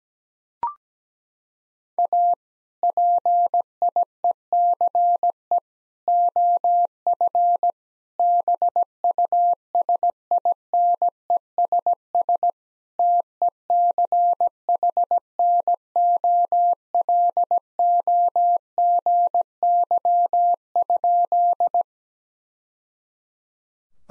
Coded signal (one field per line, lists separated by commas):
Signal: Morse code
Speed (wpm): 17 wpm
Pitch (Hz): 700 Hz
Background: none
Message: A PIECE OF BUSINESS TECHNOLOGY?